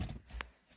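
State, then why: Seated. A STOODER Folding 2-Step Stool (2nd Gen) has been unfolded and its step part lifted, and the frame is pushed until the safety lock engages. Low thumping handling sounds lead into a single sharp snap at 0.4 s as the lock seats in place.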